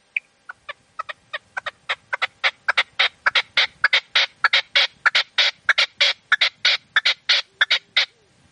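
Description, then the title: Partridge or tinamou giving a run of sharp, clipped notes that start sparse and then speed up and grow louder into a fast, even chatter lasting several seconds. "Canto de Perdiz. CANTO DE LA PERDIZ"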